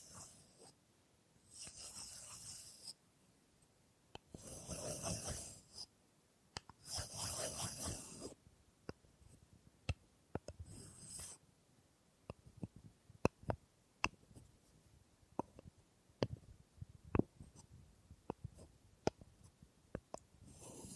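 Wood triggers: the first half has broad hissing rubs in bursts around 1.5–3, 4.5–6 and 6.5–8 seconds, scratchy and bright. After that come crisp, sharp wooden taps and clicks, irregular and sparse, some louder knocks standing out.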